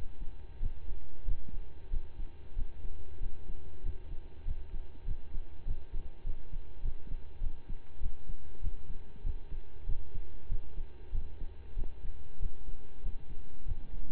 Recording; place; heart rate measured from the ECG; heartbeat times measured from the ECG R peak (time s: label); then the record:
heart sounds by stethoscope; between the tricuspid and mitral areas; 96 bpm
0.59 s: heartbeat
1.24 s: heartbeat
1.90 s: heartbeat
2.55 s: heartbeat
3.19 s: heartbeat
3.82 s: heartbeat
4.44 s: heartbeat
5.04 s: heartbeat
5.64 s: heartbeat
6.23 s: heartbeat
6.82 s: heartbeat
7.40 s: heartbeat
8.00 s: heartbeat
8.60 s: heartbeat
9.23 s: heartbeat
9.85 s: heartbeat
10.48 s: heartbeat
11.11 s: heartbeat
11.75 s: heartbeat
12.39 s: heartbeat
13.02 s: heartbeat
13.65 s: heartbeat
From the record:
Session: slow and fast walking with breaks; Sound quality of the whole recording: saturated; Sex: male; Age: 25 years